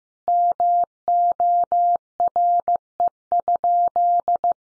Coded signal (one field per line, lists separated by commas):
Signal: Morse code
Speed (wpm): 15 wpm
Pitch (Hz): 700 Hz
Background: none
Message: MORE?